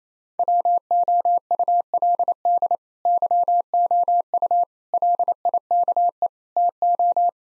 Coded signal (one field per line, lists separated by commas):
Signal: Morse code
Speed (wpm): 27 wpm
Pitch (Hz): 700 Hz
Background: none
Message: WOULD YOU LIKE TO